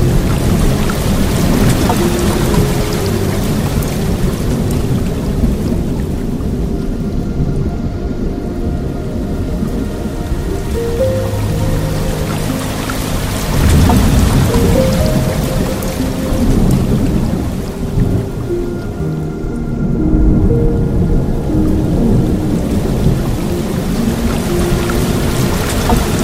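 Steady, dense rainfall hisses over a deep low rumble, with soft piano notes drifting faintly through the middle and swells near eight and twenty seconds.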